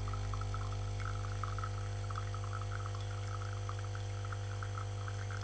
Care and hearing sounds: daily activity, microphone in the room; make coffee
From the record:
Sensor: 4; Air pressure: 1015.5 hPa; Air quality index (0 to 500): 190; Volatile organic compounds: 9 ppm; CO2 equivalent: 2126 ppm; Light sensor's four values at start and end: 5/10/4/3 and 5/10/4/3

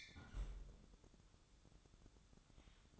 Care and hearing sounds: daily activity, microphone in the room; close fridge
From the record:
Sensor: 3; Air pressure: 1007.7 hPa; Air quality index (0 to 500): 69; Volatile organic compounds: 1 ppm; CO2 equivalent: 637 ppm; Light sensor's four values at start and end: 12/29/12/12 and 12/29/12/12

